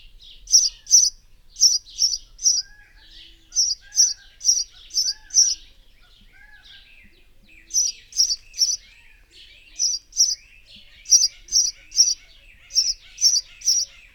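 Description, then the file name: House sparrow chirping, bright repeated chirps in quick bursts of two to five, with short pauses between bursts. "Passer domesticus"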